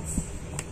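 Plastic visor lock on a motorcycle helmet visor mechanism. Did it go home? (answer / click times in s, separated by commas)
yes / 0.6 s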